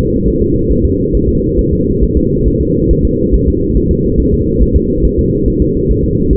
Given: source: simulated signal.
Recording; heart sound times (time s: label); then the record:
fetal heart sounds
0.28 s: S1
0.42 s: S2
0.72 s: S1
0.85 s: S2
1.15 s: S1
1.29 s: S2
1.59 s: S1
1.73 s: S2
2.03 s: S1
2.17 s: S2
2.48 s: S1
2.61 s: S2
2.91 s: S1
3.05 s: S2
3.34 s: S1
3.48 s: S2
3.77 s: S1
3.91 s: S2
4.20 s: S1
4.34 s: S2
4.62 s: S1
4.76 s: S2
5.05 s: S1
5.19 s: S2
5.48 s: S1
5.62 s: S2
5.91 s: S1
6.04 s: S2
6.33 s: S1
From the record:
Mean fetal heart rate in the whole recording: 140 bpm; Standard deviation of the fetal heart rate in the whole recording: 2 bpm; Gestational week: 34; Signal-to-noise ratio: -14.7 dB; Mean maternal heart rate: 72 bpm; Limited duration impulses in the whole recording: present